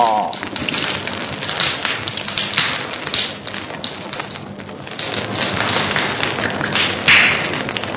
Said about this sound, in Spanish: Nubes, lluevan de nuevo sobre la charca para que se llene.